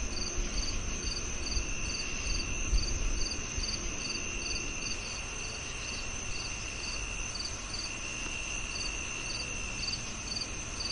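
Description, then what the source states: Crickets chirping in short high pulses, about two or three per second, over steady high ringing insect trills and a low rumbling background. Nocturnal chorus on a peaceful summer night.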